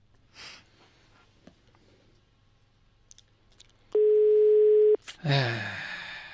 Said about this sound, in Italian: Squilla ma non risponde.